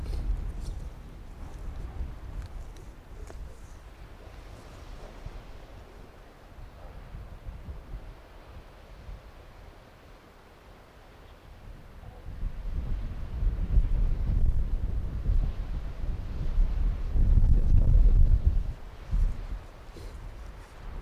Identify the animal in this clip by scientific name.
Vulpes lagopus